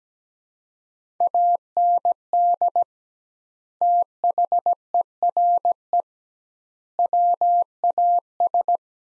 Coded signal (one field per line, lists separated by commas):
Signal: Morse code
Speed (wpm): 17 wpm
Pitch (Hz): 700 Hz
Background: none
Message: AND THERE WAS